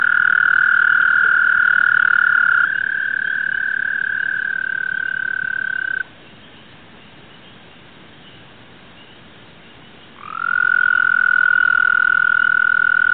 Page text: звуки амфибий - Bufo americanus